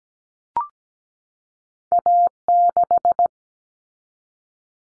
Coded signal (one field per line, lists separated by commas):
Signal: Morse code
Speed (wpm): 17 wpm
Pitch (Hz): 700 Hz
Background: none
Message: A6